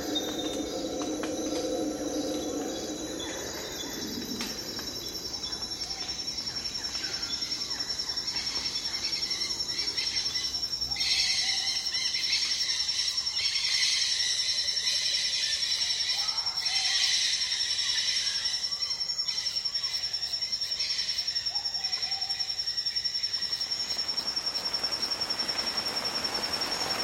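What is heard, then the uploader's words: Amazon rainforest ambience with a steady, high insect whine running throughout and dense layered chirping and buzzing above. Bird calls come and go in the first few seconds, and a soft hiss like light rain builds in the last few seconds. Amazon Jungle is a collection of unique ambiences recorded in the Amazon rainforest on the border between Peru, Bolivia and Brazil. The library was recorded during the rainy season when birds are vocal and humidity is at its highest.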